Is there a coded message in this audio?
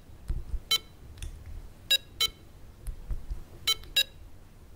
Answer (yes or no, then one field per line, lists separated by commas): no